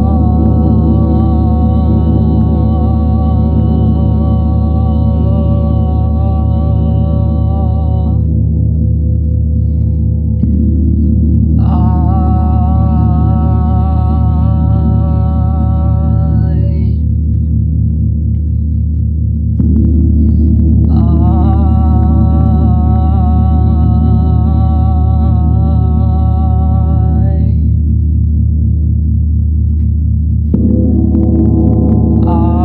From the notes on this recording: the sound of the Chiron Gong